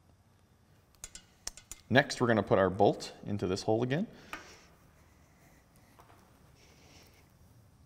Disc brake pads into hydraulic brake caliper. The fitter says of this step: them into the break until you hear it click